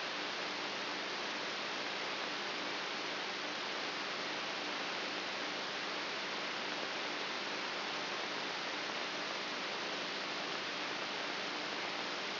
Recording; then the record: brain microelectrode recording played as sound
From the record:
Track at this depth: inside the subthalamic nucleus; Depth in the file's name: 4.44 mm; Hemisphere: right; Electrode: 3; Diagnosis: Parkinson's disease